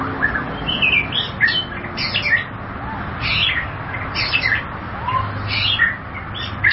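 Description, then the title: White-rumped shama song made of clustered, buzzy and chattering notes mixed with short whistles, arriving in loose bursts over background hum. "Kicau Murai Batu"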